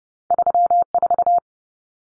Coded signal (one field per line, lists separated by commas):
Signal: Morse code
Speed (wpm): 30 wpm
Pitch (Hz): 700 Hz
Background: none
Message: 34